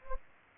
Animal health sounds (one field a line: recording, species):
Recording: mosquito wingbeat signal from an infrared sensor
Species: Anopheles gambiae